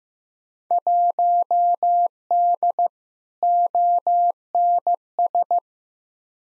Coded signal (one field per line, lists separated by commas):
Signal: Morse code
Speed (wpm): 16 wpm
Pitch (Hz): 700 Hz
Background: none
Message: 1D ONS